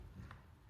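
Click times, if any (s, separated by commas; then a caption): 0.3 s. A reoriented silicone ear tip is pushed onto the nozzle of an Apple AirPods Pro wireless earbud over a low background rumble. A single short, soft snap sounds at 0.3 s as the tip seats onto the nozzle.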